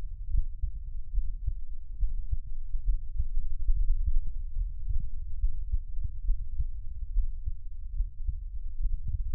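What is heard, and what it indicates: Dull, low-pitched thumps repeat steadily under a continuous low rumble, with no voice present. This is an adult's own heartbeat picked up by a close microphone, and the individual beats are muffled and hard to separate cleanly.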